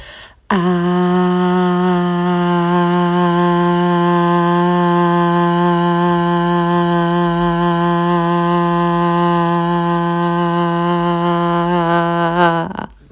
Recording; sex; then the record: sustained vowel /a/; female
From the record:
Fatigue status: fatigue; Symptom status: symptomatic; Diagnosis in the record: COVID-19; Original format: m4a